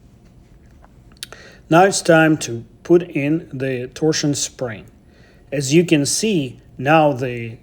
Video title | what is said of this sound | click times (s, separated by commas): Full reassembly of Benchmade Claymore full size. Disassembly is easy | it will click in place with an unmistakable bench m style click | 1.2 s